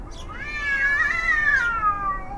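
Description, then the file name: Cat howling in one long, drawn-out yowl that rises, holds steady with a slight waver, then slowly falls away over about two seconds. Field recording of several cats howling, May 2018. "Fieldrecording Howling Cats May 2018"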